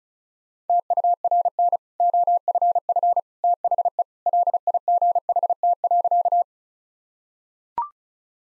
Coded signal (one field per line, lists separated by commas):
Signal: Morse code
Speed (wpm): 36 wpm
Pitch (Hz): 700 Hz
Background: none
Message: TURN OFF THE LIGHT.